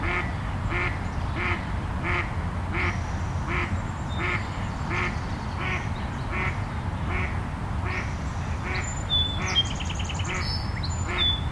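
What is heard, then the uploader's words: Bird sounds in the early morning, led by a steady run of duck-like quacks repeating about every half second across the whole twelve seconds. Higher chirps and whistles from other birds come in after the middle, over a constant low rumble. I recorded some bird sounds at Meadowbrook Park, Seattle, early in the morning.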